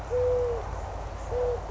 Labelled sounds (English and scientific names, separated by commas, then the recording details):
Eurasian Collared Dove (Streptopelia decaocto)
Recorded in Sonoma County, California